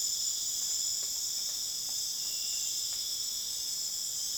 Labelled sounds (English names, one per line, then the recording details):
none
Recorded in dense forest near Puerto Asís, Putumayo, Colombia, on 29 June 2025 at 21:00
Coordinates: 0.484, -76.325
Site H65